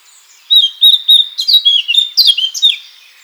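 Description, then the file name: Eurasian blackcap song: a loud, rapid run of varied warbled and chattering notes lasting over two seconds, tumbling up and down in pitch. "Sylvia atricapilla"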